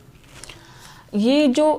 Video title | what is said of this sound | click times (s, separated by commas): Hair Removal at Home। Hair Removal। Epilator। How to Remove Underarm Hair। Remove facial Hair। | सा push कर देंगे इस तरह से लॉक की आवाज के साथ यह बंद हो जाएगा | 0.4 s